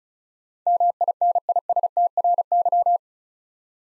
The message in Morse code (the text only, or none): MINISTRY